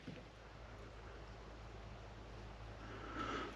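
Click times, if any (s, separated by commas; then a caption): none. A screwdriver is levered between the brake shoes and the wheel cylinder of a Mk4 Fiesta's drum brake to force them apart so the shoe self-adjuster ratchets. Only a steady low hum and broadband noise are heard, swelling slightly around 3.2 s. No click comes, and the self-adjuster has not clicked.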